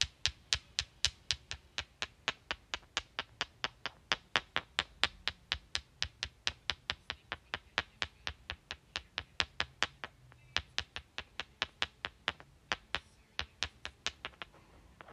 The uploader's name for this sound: Clicking and Rubbing Rocks